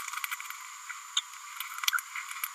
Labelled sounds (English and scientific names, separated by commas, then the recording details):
Green-rumped Parrotlet (Forpus passerinus) babbling
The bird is a male
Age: 32 days
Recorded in a nest box in Venezuela
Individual 17B102A4